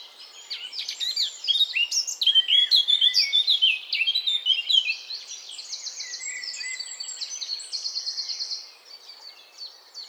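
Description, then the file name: Eurasian blackcap song: fast jumbled warbling climbing to a loud, ringing run of clear whistled notes, followed by softer buzzy trilled chatter. "Sylvia atricapilla"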